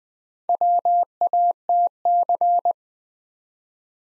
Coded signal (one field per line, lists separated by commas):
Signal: Morse code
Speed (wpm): 20 wpm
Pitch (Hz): 700 Hz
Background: none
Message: WATC